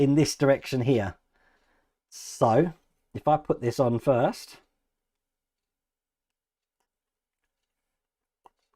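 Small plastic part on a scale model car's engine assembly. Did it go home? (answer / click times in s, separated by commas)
yes / 8.5 s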